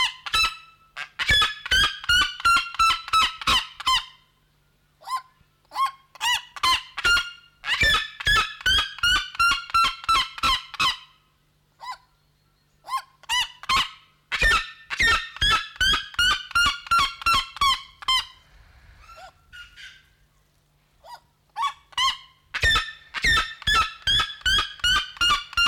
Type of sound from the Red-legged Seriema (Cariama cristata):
call